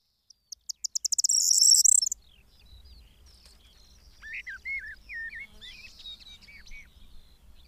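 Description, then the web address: Corn bunting song: dry ticking notes speeding up into a loud, glassy jangling trill lasting about a second, then quieter whistled and chirping notes. "agykontroll Madardalok Cd 2. Sordély"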